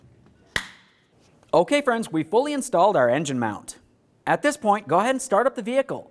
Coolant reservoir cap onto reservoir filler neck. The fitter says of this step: screw it on and listen for our click